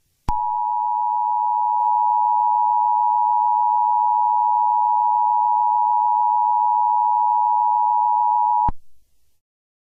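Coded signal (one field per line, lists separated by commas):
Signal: Emergency Alert System (SAME) tones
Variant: 853 and 960 Hz attention tone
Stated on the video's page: Fictional EAS scenario.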